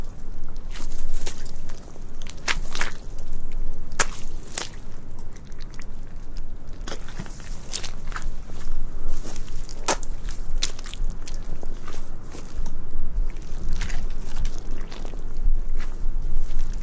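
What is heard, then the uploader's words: Footsteps walk steadily outdoors, each step a crisp crunch or scuff landing roughly every half second to second over uneven ground like gravel, straw or wet earth. Beneath them runs a constant low rumble, likely wind or surroundings, with no pauses in the walking. ASMR Relaxing Binaural Sounds of WALKING in a Viking Village in Iceland with a very large diversity of footsteps sounds in nature: mud, wood, water, peat, grass, straw, gravel...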